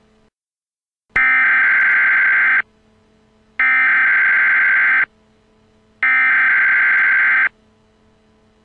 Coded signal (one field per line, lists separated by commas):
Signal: Emergency Alert System (SAME) tones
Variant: header bursts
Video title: EAS Avalanche Watch for Utah